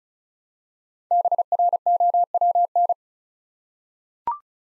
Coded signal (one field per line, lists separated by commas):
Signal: Morse code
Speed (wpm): 34 wpm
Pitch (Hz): 700 Hz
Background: none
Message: BROWN